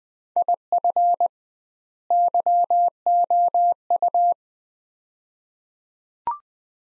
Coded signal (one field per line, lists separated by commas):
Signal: Morse code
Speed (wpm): 20 wpm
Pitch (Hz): 700 Hz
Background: none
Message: IF YOU